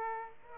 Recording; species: mosquito wingbeat signal from an infrared sensor; Aedes aegypti